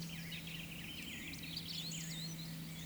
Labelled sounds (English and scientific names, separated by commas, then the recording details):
Eurasian Woodcock (Scolopax rusticola) whistle
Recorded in Baden-Württemberg, Germany, on 11 June 2021 at 18:59 UTC
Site 24606, 635 m above sea level